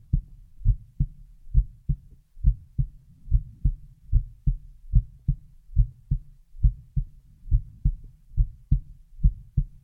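Steady, soft low thumps in lub-dub pairs at about 69 beats a minute, with a faint low hum between beats. A regular adult heartbeat, heard on its own with no other sounds.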